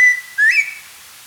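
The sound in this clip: Spotted laughingthrush song: a steady whistled note followed by a single rising, slurred whistle that fades quickly.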